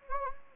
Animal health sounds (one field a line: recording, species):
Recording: mosquito wingbeat signal from an infrared sensor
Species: Anopheles gambiae